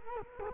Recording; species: mosquito wingbeat signal from an infrared sensor; Culex quinquefasciatus